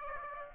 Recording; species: mosquito wingbeat signal from an infrared sensor; Aedes aegypti